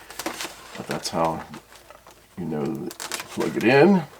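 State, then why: Not seated. The plastic connector on a Carbon Cub S2 aileron servo lead is lined up with the matching wing servo extension lead, brown wire to brown wire, while someone talks. Brief handling clicks and rustles come near the start, around 0.1 to 0.4 seconds. The clip ends before the connector goes home, so nothing has seated or clicked yet.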